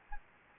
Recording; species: mosquito wingbeat signal from an infrared sensor; Anopheles gambiae